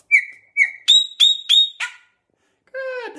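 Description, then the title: Chopi blackbird song: two clear whistles, then three sharp ringing notes and a blurred note in quick succession, a short pause, and a final nasal, harmonic-rich note. "Passaro Preto"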